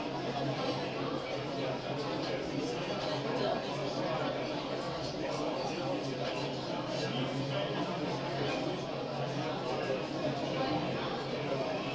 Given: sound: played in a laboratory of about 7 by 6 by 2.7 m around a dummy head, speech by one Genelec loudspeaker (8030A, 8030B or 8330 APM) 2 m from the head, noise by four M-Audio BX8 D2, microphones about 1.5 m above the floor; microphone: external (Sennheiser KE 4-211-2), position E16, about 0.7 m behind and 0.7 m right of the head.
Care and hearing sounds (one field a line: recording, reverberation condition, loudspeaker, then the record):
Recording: cafeteria noise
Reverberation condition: low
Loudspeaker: four, about 170 cm from the corners of the room and facing them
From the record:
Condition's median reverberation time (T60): about 310 ms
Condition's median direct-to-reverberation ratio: about 3.5 dB